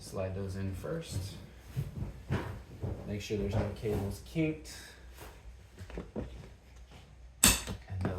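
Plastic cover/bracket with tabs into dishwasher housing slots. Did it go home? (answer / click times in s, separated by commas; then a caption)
yes / 7.4 s, 8.1 s. Someone talks while sliding the tabs of a plastic cover or bracket into their slots in the housing of a Samsung DW80N3030US dishwasher during a thermistor replacement, first checking that no cables are kinked. The cover is pressed home and snaps into place, with a sharp loud click at 7.4 s and a quieter one at 8.1 s, and it is seated.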